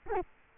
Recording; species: mosquito wingbeat signal from an infrared sensor; Culex quinquefasciatus